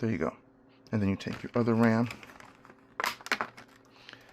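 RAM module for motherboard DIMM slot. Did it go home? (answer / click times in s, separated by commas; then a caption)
no / none. Someone talks while a second RAM module is picked up and moved toward the next DIMM slot on the motherboard. Crinkly handling and packaging noise follows, with sharp crackles around 3.0–3.4 s. The module has not been pressed in yet, and nothing has seated or clicked.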